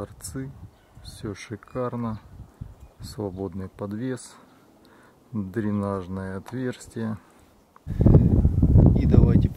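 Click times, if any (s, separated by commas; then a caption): 8.8 s. A hunting knife (Arizona Drop Point) is pushed into its sheath, which has a free hang and a drainage hole. Someone talks, then a rustling, scraping burst of handling noise starts around 8.0 s. The blade snaps into the sheath with a retention click at 8.8 s, and it is confirmed as seated.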